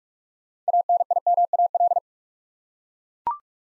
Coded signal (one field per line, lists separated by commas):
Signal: Morse code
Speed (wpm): 44 wpm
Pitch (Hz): 700 Hz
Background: none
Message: ANIMAL